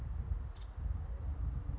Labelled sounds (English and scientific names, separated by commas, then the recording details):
Nuttall's Woodpecker (Dryobates nuttallii)
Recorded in Sonoma County, California